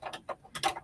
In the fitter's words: it just slides on there and clicks into place